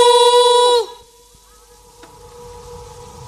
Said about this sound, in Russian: Что это? Эхо. Какое эхо? Ну, эхо, не знаешь, какое эхо? Ах, эхо, знаю. Ау! А чего это оно откликается? Не знаю. Говорят, это звук отражается.